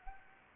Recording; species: mosquito wingbeat signal from an infrared sensor; Anopheles gambiae